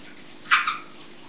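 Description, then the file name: Red-eyed tree frog mating call, a single short dry click-like note with a quick second tap right after, over faint background hiss. "Rotaugenlaubfrosch Paarungsruf"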